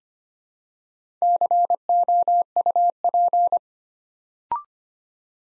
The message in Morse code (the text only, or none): COUP